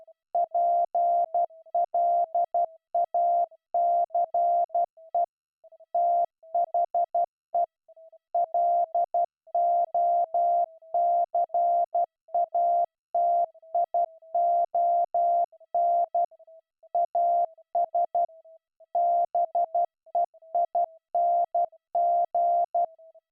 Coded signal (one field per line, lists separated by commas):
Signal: Morse code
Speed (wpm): 12 wpm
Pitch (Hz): 690 Hz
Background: none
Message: PLACE THE LOCATION AS BEING